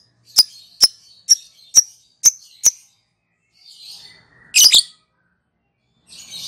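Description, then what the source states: Lovebird call: six sharp high chirps evenly spaced about half a second apart, followed by a harsh double shriek and faint twittering. Lovebird calling in the style called ngekek in Indonesian.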